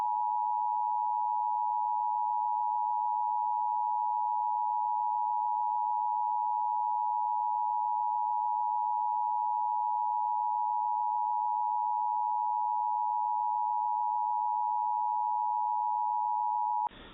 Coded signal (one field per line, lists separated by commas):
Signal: Emergency Alert System (SAME) tones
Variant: 853 and 960 Hz attention tone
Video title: EAS Scenario - What If? (1983)